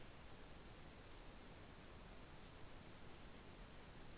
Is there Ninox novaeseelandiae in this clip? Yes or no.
no